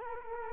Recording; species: mosquito wingbeat signal from an infrared sensor; Culex quinquefasciatus